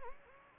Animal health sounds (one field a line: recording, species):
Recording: mosquito wingbeat signal from an infrared sensor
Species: Anopheles gambiae